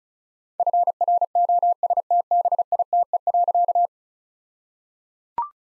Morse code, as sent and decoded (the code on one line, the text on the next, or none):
..-. .-. --- ... - -... .. - . .-.-.-
FROSTBITE.